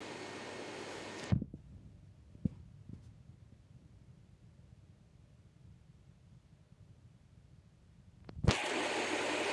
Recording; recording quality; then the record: shallow breathing; poor, much background noise or distortion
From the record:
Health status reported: recovered from COVID-19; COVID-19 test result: negative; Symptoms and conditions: none ticked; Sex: female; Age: 57 years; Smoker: not ticked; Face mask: not worn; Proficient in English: yes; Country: India